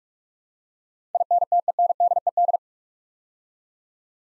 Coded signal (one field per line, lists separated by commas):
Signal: Morse code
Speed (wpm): 44 wpm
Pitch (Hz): 700 Hz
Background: none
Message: INTENDED